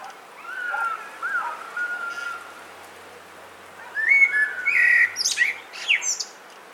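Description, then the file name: Mellow fluted blackbird phrases, a quiet spell, then a louder warble ending in shrill squeaky notes, over a steady background hiss. "Turdus merula"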